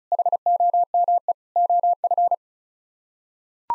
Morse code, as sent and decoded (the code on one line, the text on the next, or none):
.... --- -- . / --- ..-.
HOME OF